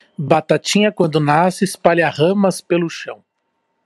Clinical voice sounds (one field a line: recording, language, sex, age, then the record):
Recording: short text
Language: Brazilian Portuguese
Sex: male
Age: 30 to 39 years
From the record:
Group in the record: control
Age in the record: 38 years